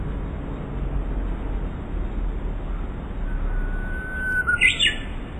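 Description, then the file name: Japanese bush warbler singing a drawn-out level whistle that breaks into a short twisting flourish near the end, against a steady low rumble. "uguisu"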